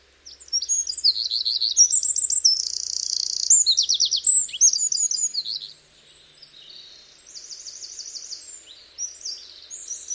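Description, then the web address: Bird song: a rapid, high jumble of twittering trills and buzzy rattles, loud for about five seconds, then softer repeated trilled phrases continue. "Bird Only"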